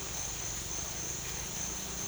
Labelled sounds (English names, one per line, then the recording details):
none
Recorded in dense forest near Puerto Asís, Putumayo, Colombia, on 20 December 2024 at 07:00
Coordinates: 0.467, -76.328
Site GP05